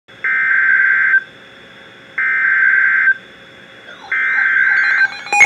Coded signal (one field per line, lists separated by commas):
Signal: Emergency Alert System (SAME) tones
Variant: header bursts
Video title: Severe Thunderstorm Warning (EAS #1,797-1,799) - 6/7/18